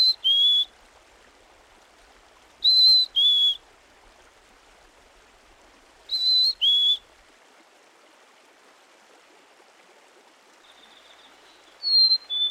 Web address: Dan Gibson's Solitudes Nature Trails. Black-Capped Chickadee